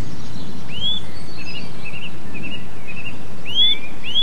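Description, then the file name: Bird song of clear rising whistles, one early and two close together at the end, with quieter warbled notes between and steady low noise. Recorded 8 April 2007 on an MZ-N 710 recorder. "MZ-N 710 Chants d oiseaux 8 04 07 extrait"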